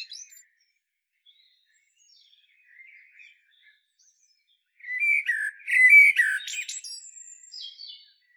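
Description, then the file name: Common blackbird song: near silence at first, then a rich fluted phrase ending in a burst of shrill squeaky twitters and a thin high note. "Turdus merula"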